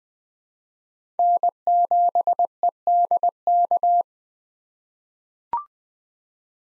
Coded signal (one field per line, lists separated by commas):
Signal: Morse code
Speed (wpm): 20 wpm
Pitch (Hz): 700 Hz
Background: none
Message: N7EDK